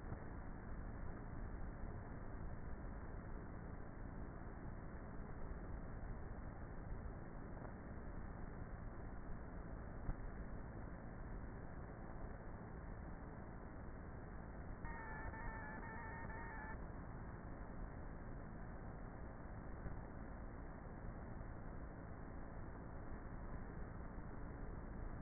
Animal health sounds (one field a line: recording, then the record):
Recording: honeybee colony, microphone inside the hive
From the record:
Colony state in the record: queenless with a low population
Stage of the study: before two queens were removed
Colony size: about 30,000 bees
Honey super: no